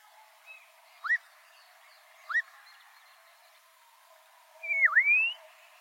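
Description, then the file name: Black-crowned monjita whistling two short rising notes about a second apart, then a long loud whistle that swoops down and climbs back up. "Canto da noivinha coroada"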